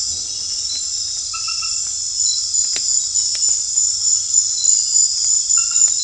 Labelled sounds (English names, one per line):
none